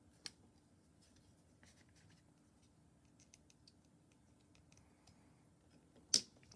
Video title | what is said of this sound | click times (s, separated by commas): Glock 48 - How To Disassemble Top Slide, Clean and Lubricate | boom you heard it snap and then to make sure you got it in there good you're going to go ahead and press this down | 6.1 s